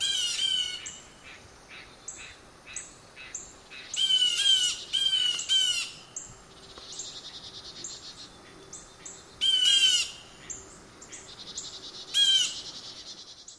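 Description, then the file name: Blue jay giving harsh calls in a few irregular bursts, over a steady background of high buzzy sounds. "blue jay example 2 by russ wigh"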